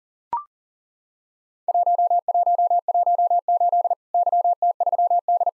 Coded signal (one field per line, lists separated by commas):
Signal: Morse code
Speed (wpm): 40 wpm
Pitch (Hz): 700 Hz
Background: none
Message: 1118 YT3D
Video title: Worked All Europe DX Contest QTC Exchange 40wpm